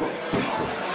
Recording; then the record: coughing mixed with background sound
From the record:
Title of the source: Spring Cold Coughing 3